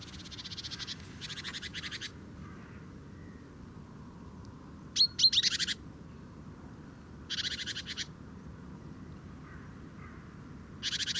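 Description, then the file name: Great tit giving harsh, buzzy churring bursts of about a second, repeated after irregular pauses, over a steady low rumble. "Parus major"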